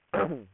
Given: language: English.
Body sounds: throat vibration sensor signal played as sound; throat clearing

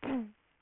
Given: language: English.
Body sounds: throat vibration sensor signal played as sound; throat clearing

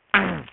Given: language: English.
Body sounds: throat vibration sensor signal played as sound; throat clearing

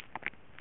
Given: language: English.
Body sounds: throat vibration sensor signal played as sound; swallow

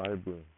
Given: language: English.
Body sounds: throat vibration sensor signal played as sound; speech

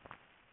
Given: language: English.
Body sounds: throat vibration sensor signal played as sound; swallow

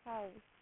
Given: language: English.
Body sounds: throat vibration sensor signal played as sound; speech

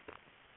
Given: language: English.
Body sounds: throat vibration sensor signal played as sound; swallow

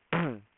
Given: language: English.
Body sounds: throat vibration sensor signal played as sound; throat clearing

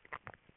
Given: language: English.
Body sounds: throat vibration sensor signal played as sound; swallow

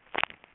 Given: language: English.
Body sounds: throat vibration sensor signal played as sound; swallow

